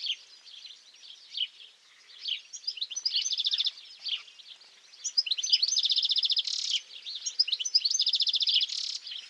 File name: Carduelis carduelis